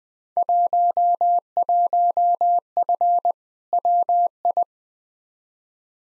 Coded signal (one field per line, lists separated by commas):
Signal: Morse code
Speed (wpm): 20 wpm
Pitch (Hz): 700 Hz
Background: none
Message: 11F WI